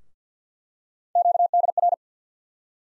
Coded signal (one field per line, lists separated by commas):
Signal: Morse code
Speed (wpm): 50 wpm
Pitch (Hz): 700 Hz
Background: none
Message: QDR